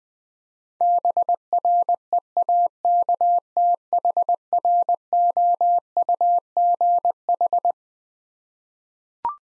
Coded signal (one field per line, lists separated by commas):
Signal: Morse code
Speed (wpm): 20 wpm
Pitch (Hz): 700 Hz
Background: none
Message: BREAKTHROUGH